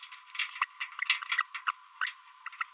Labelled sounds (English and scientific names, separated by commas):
Green-rumped Parrotlet (Forpus passerinus) babbling